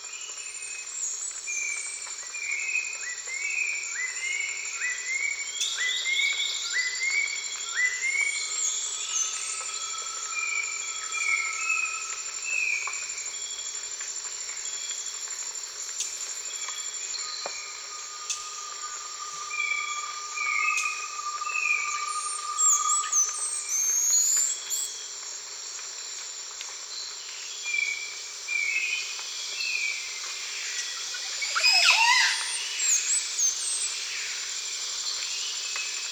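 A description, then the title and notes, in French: Dawn in a forest: a steady high insect drone under repeated short bird calls, with a brief brighter burst around thirty seconds. L'aube dans la forêt (Costa Rica) by SolWind.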